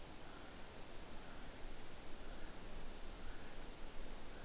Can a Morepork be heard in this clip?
no